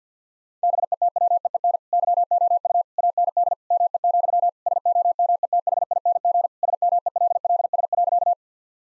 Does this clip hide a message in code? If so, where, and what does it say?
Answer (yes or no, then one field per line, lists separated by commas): yes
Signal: Morse code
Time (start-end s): 0.6-8.3 s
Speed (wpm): 50 wpm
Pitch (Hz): 700 Hz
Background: none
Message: BETWEEN YOU AND ME, SOMETHING SMELLS.